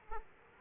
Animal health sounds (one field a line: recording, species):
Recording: mosquito wingbeat signal from an infrared sensor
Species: Aedes aegypti